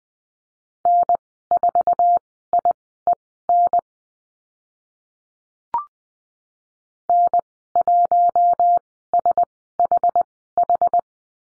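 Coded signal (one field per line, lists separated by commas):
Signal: Morse code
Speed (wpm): 20 wpm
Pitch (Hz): 700 Hz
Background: none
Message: N4IEN N1SHH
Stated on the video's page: Morse course lesson on letter H and call signs at Farnsworth speed 20/10 wpm.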